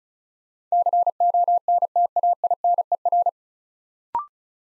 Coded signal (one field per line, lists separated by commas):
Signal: Morse code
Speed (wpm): 36 wpm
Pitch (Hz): 700 Hz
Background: none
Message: CONTAINER